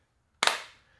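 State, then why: Seated. A natural titanium iPhone 16 Pro Max is pressed into a stiff UAG Civilian protective case, and the edge lip snaps over the phone with sharp clicks at 0.4 s and 0.5 s. The bright, broadband snap then decays quickly into quiet. The phone is seated with a very solid click.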